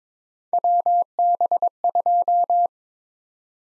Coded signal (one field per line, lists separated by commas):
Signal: Morse code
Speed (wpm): 22 wpm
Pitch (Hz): 700 Hz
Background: none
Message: WB2